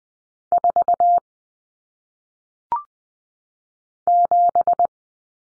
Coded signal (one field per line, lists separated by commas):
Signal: Morse code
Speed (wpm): 20 wpm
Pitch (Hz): 700 Hz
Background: none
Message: 4 7